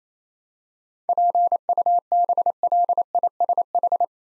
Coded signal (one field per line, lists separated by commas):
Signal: Morse code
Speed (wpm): 27 wpm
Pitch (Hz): 700 Hz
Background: none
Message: PUBLISH